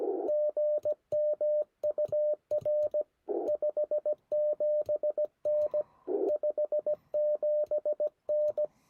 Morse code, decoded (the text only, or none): GM UR 57N 57N